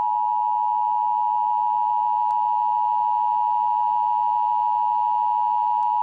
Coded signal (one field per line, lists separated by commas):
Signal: Emergency Alert System (SAME) tones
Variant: 853 and 960 Hz attention tone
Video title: EAS Scenario - Tornado Warning VS. Tsar Bomba